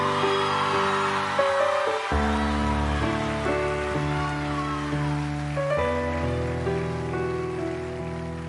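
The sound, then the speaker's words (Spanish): An audience applauds steadily as a tribute, a dense continuous clatter of clapping running throughout while sustained piano chords played by a pianist ring underneath and change every couple of seconds. “Fuerte el aplauso para … en el piano.”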